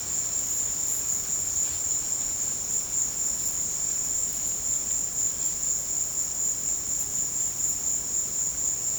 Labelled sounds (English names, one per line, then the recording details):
none
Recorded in pastures near Puerto Asís, Putumayo, Colombia, on 22 December 2024 at 16:30
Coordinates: 0.466, -76.322
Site G040